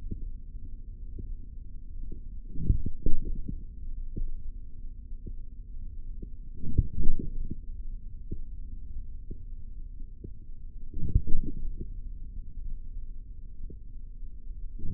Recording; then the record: forearm muscle sounds (acoustic myography)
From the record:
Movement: forearm pronation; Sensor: system 3, bracelet of six PUI Audio POM-2738L microphones around the upper forearm, with dedicated amplification and filtering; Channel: 6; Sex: male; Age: 43 years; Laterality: right